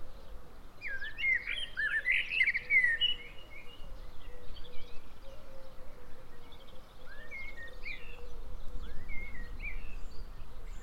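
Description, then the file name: Common blackbird giving a rich, mellow warbled phrase early on, followed by softer scattered bird notes over a constant hum. "Turdus merula"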